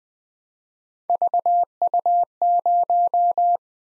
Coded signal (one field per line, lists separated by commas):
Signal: Morse code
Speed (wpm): 20 wpm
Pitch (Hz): 700 Hz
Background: none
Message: VU0